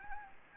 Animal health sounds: mosquito wingbeat signal from an infrared sensor; Anopheles gambiae

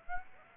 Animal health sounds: mosquito wingbeat signal from an infrared sensor; Aedes aegypti

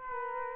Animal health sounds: mosquito wingbeat signal from an infrared sensor; Culex quinquefasciatus

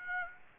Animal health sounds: mosquito wingbeat signal from an infrared sensor; Aedes aegypti

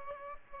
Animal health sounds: mosquito wingbeat signal from an infrared sensor; Aedes aegypti

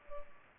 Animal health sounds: mosquito wingbeat signal from an infrared sensor; Culex pipiens

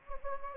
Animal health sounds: mosquito wingbeat signal from an infrared sensor; Anopheles gambiae

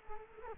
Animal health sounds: mosquito wingbeat signal from an infrared sensor; Culex quinquefasciatus

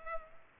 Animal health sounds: mosquito wingbeat signal from an infrared sensor; Culex pipiens

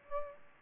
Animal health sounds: mosquito wingbeat signal from an infrared sensor; Aedes albopictus

